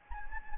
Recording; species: mosquito wingbeat signal from an infrared sensor; Anopheles gambiae